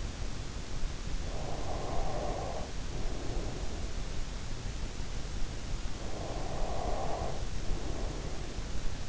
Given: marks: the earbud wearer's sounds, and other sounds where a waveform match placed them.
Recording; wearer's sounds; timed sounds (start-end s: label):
sounds in sleep by an in-ear microphone; breath
1.14-4.44 s: breath
5.80-9.09 s: breath